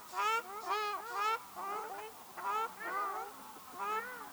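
Ruddy shelduck honking calls, loud nasal honks about two per second, with brief gaps between.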